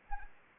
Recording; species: mosquito wingbeat signal from an infrared sensor; Anopheles arabiensis